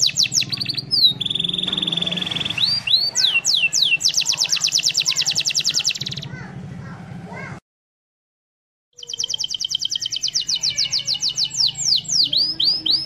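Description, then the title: Canary song mixing swept whistles, a flat held note and long fast trills, broken by a short silence before the trilling resumes. Master song of a canary, used for training other birds. "Suara Burung Kenari Masteran"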